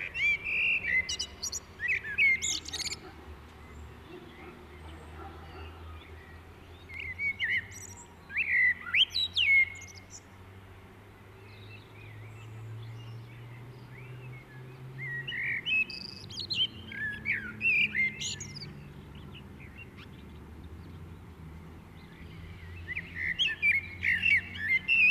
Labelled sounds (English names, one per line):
Common Blackbird song